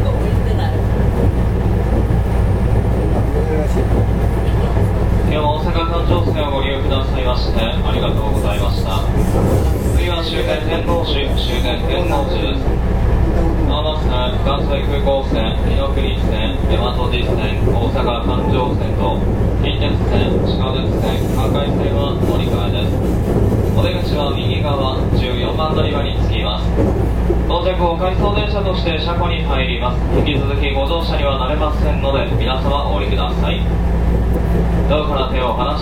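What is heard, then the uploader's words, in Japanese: Running sound of a 221 series electric train, a steady low rumble and hum with overlapping chatter of voices throughout. JR西日本の221系電車の走行音です。環状線外回り 大阪から天王寺までです。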